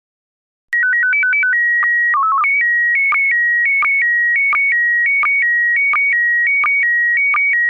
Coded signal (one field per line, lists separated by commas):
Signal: SSTV (slow-scan television)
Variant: PD 90